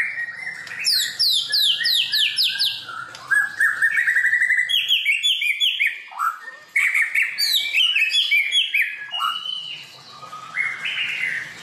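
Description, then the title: White-rumped shama singing a rich, varied phrase of fast descending whistles, chattering notes and rising slurred calls, nearly continuous throughout. Labaik-style song used to train caged birds. "MASTERAN MURAI BATU LABAIK"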